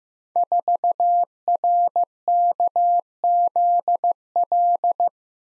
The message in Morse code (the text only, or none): 4RKZL